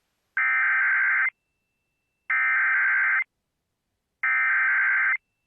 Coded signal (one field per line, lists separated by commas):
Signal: Emergency Alert System (SAME) tones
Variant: header bursts